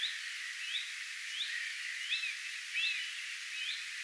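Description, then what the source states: Common redstart uttering soft rising whistles several times in a row, over a hissy background. Alarm or attention calls, recorded 3 May 2025.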